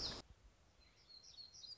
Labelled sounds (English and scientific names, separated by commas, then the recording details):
Black-throated Gray Warbler (Setophaga nigrescens)
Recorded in Sonoma County, California